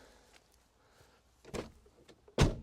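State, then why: Seated. The car door of a 1976 to 1986 Mercedes W123 is pushed shut quite hard during a walk-around check, and its latch catches into the door striker with a solid thud at 1.5 s, the correct closing sound. Faint small knocks come before it, and a second, louder thud follows at about 2.4 s.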